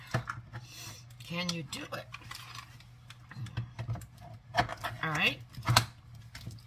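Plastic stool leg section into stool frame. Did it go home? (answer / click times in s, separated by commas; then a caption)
yes / 5.8 s. A plastic stool leg section is snapped into its stool frame by hand, among scattered taps and handling noises while someone talks. A sharp click at 5.8 seconds marks the leg seating in place.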